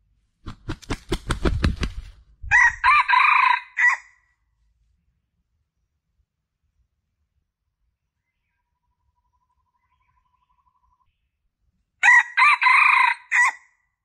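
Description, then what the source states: Junglefowl crowing twice, a short harsh four-part crow each time, several seconds apart; the first crow comes just after a burst of rapid low thumping beats. Male; lure call (suara pikat) used to attract junglefowl.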